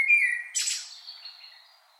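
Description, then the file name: Common blackbird call: one bright whistled note, then a harsh, rushing burst that fades out. "Turdus merula"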